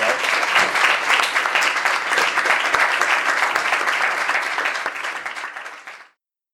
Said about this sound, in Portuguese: Então, vamos só dar uma grande salva de palmas ao nosso excelente convidado.